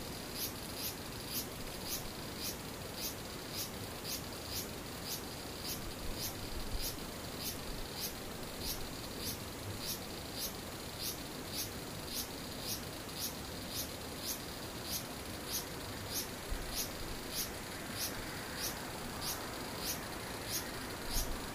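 A cicada calls in short, bright, high-pitched pulses that repeat very regularly, about twice a second, for the whole 22 seconds. Beneath the pulsing runs a steady, dense hiss and rumble that stays level, with a slightly brighter patch near the end.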